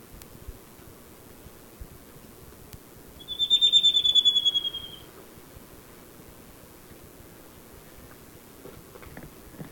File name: Grallaricula nana - Slaty-crowned Antpitta